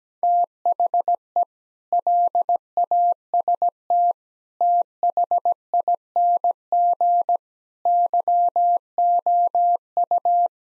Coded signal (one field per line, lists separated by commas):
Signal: Morse code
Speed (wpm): 17 wpm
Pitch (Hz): 700 Hz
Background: none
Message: THE LAST THING YOU